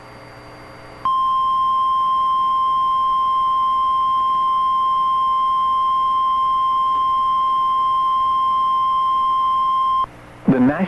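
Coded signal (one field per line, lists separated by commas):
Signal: Emergency Alert System (SAME) tones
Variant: 1050 Hz attention tone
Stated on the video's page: Tornado warning for four Arkansas counties, with valid EAS tones.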